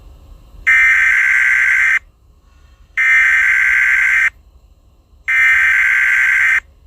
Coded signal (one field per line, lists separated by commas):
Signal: Emergency Alert System (SAME) tones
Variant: header bursts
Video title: EAS SCENARIO 2: Godzilla and Ghidorah vs. The Bizarre Lore of Team Umizoomi